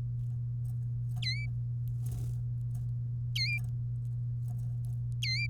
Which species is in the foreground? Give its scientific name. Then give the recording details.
Serinus canaria. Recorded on 3 May 2018 at 12:55. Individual llb3